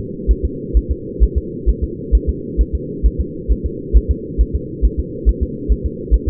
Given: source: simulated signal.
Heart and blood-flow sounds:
fetal heart sounds
0.31 s: S1
0.45 s: S2
0.77 s: S1
0.91 s: S2
1.23 s: S1
1.38 s: S2
1.69 s: S1
1.84 s: S2
2.15 s: S1
2.29 s: S2
2.61 s: S1
2.75 s: S2
3.06 s: S1
3.21 s: S2
3.52 s: S1
3.66 s: S2
3.97 s: S1
4.11 s: S2
4.41 s: S1
4.55 s: S2
4.85 s: S1
5.00 s: S2
5.29 s: S1
5.43 s: S2
5.72 s: S1
5.86 s: S2
6.14 s: S1
6.28 s: S2
From the record:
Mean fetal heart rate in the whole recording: 135 bpm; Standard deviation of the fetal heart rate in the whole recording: 3 bpm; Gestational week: 34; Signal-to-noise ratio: -4.1 dB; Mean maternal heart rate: no maternal heart sound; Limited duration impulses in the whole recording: absent

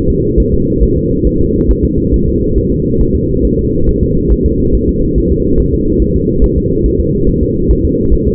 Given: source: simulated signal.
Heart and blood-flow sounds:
fetal heart sounds
0.10 s: S2
0.40 s: S1
0.54 s: S2
0.83 s: S1
0.97 s: S2
1.27 s: S1
1.41 s: S2
1.71 s: S1
1.85 s: S2
2.14 s: S1
2.28 s: S2
2.58 s: S1
2.72 s: S2
3.01 s: S1
3.15 s: S2
3.45 s: S1
3.59 s: S2
3.89 s: S1
4.03 s: S2
4.32 s: S1
4.46 s: S2
4.75 s: S1
4.89 s: S2
5.18 s: S1
5.32 s: S2
5.60 s: S1
5.74 s: S2
6.02 s: S1
6.16 s: S2
6.44 s: S1
6.58 s: S2
6.86 s: S1
7.00 s: S2
7.29 s: S1
7.43 s: S2
7.71 s: S1
7.85 s: S2
8.13 s: S1
8.28 s: S2
From the record:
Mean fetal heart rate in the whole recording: 140 bpm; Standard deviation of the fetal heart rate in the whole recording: 2 bpm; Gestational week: 34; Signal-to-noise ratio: -15.3 dB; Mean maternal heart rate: 72 bpm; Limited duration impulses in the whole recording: present

